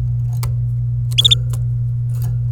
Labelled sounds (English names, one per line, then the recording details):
Domestic Canary song
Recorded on 26 April 2018 at 16:32
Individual llb3